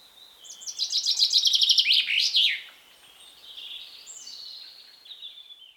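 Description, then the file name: Common chaffinch song: a bright series of rapid trilled notes ending in a quick flourish, followed by softer thin whistles. "Fringilla coelebs"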